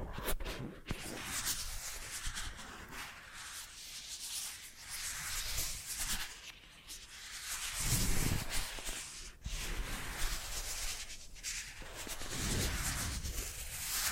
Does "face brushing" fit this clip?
yes